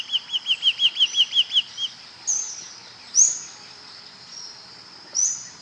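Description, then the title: Green-backed becard: a quick run of about ten evenly spaced, slurred whistled notes, then a few sharp, high chips over a constant high hiss. Nominate subspecies Pachyramphus viridis viridis. "LuckyPassaro Completos2Sama. Green-backed Becard"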